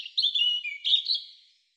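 European robin song: a brief phrase of high, thin warbled notes wavering up and down, ending in a fading tail.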